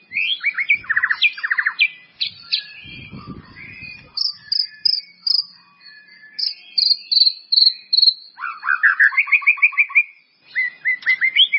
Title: murai batu